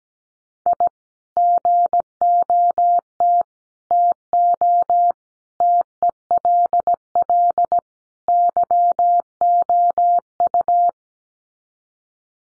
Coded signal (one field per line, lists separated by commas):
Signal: Morse code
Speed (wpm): 17 wpm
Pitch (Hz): 700 Hz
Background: none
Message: I GOT TO TELL YOU